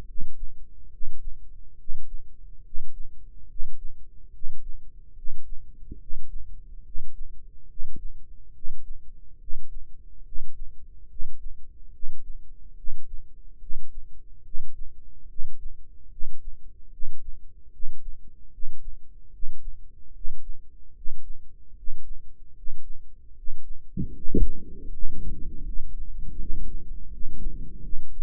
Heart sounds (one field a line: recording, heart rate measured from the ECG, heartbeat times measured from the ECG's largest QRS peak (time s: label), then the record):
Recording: heart sounds by microphone in the right ear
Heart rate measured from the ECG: 73 bpm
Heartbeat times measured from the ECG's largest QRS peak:
0.04 s: heartbeat
0.89 s: heartbeat
1.76 s: heartbeat
2.62 s: heartbeat
3.46 s: heartbeat
4.30 s: heartbeat
5.13 s: heartbeat
5.97 s: heartbeat
6.82 s: heartbeat
7.66 s: heartbeat
8.51 s: heartbeat
9.37 s: heartbeat
10.22 s: heartbeat
11.06 s: heartbeat
11.90 s: heartbeat
12.74 s: heartbeat
13.58 s: heartbeat
14.42 s: heartbeat
15.26 s: heartbeat
16.08 s: heartbeat
16.89 s: heartbeat
17.70 s: heartbeat
18.49 s: heartbeat
19.30 s: heartbeat
20.11 s: heartbeat
20.92 s: heartbeat
21.73 s: heartbeat
22.53 s: heartbeat
23.33 s: heartbeat
24.11 s: heartbeat
24.89 s: heartbeat
25.63 s: heartbeat
26.36 s: heartbeat
27.08 s: heartbeat
27.81 s: heartbeat
From the record:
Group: healthy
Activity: breath hold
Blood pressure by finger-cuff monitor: 107/61 mmHg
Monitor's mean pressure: 73 mmHg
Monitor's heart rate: 72 bpm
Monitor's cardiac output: 7.2 L/min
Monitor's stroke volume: 100 mL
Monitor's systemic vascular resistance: 730 dyn s/cm5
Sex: male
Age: 35 years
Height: 180 cm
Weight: 86.9 kg